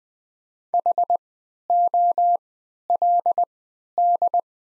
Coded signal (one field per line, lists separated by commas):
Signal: Morse code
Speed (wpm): 20 wpm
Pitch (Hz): 700 Hz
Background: none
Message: HOLD